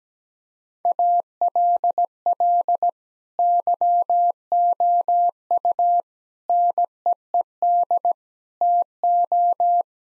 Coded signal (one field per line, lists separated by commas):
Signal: Morse code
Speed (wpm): 17 wpm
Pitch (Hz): 700 Hz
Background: none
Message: ALL YOU NEED TO